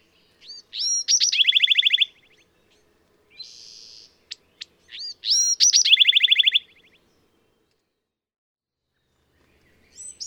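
Bewick's wren song, two phrases about four seconds apart, each opening with brief high notes and then a rapid buzzy trill, with a short buzz between them.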